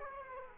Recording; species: mosquito wingbeat signal from an infrared sensor; Aedes aegypti